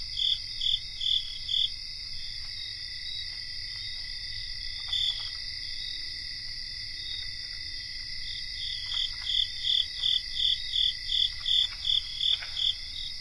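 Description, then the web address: Cricket chorus of unbroken high trills, with bursts of rapid regular chirping at the start and again through the second half. Cricket chorus recorded in North America. "Nature Songs N America Songs of Insects 77-Cricket chorus"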